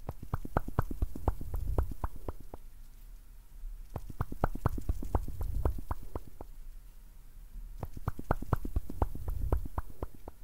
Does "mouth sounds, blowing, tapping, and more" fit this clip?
yes